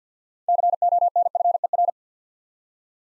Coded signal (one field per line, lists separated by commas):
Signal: Morse code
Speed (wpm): 50 wpm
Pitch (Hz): 700 Hz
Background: none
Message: CONFER